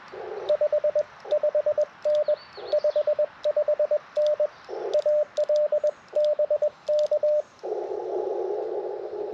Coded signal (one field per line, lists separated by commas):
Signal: Morse code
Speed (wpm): 21 wpm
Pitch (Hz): 600 Hz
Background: radio noise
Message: 55N 55N AL BK